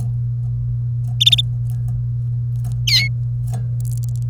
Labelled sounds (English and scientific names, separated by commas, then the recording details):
Domestic Canary (Serinus canaria) song
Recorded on 30 April 2018 at 12:55
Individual llb3